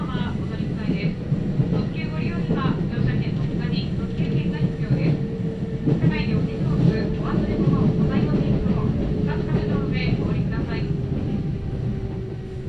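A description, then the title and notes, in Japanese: Inside a Kintetsu Nagoya Line local train running toward Shiohama, a steady low rumble of the moving carriage fills the whole stretch. A faint whining tone holds just above it, and scattered voices and light clatter come and go throughout. 近鉄名古屋線各駅停車 川越富洲原→塩浜。車内はほぼガラガラです。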